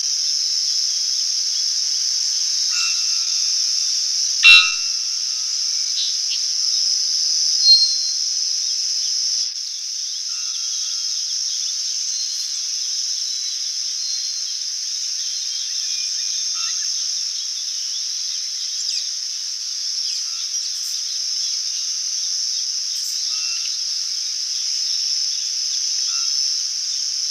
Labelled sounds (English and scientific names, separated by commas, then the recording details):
Three-wattled Bellbird (Procnias tricarunculatus) song
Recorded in the wild
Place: Monteverde Urwaldreservat, CR
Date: 1992-04-17
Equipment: Dat-Recorder Casio DA 7, Telinga DAT, Telinga-Parabolspiegel
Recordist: Schwarz, Dieter
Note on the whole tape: Song